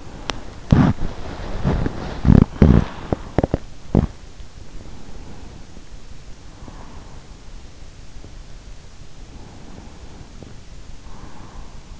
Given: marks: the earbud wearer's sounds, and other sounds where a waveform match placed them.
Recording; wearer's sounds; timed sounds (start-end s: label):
sounds in sleep by an in-ear microphone; teeth grinding, breath
0.00-4.39 s: teeth grinding
4.91-7.42 s: breath
9.12-12.00 s: breath